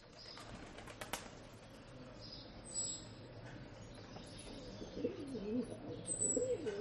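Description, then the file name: Pigeon cooing, low wavering coos growing louder in the last two seconds, with thin high whistles from other birds, a few clicks and steady background hiss. Early morning, rural setting. "west wolf Early Morning Rural Ambience With Pigeons"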